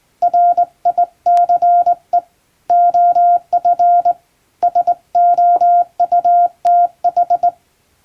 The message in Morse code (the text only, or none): RICE OF SOUTH